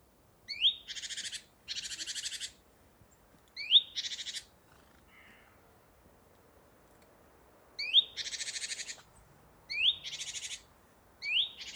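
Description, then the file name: Great tit giving harsh scolding calls: a short high rising note followed by a buzzy rattling churr, repeated in several bursts with quiet gaps between. "Parus major"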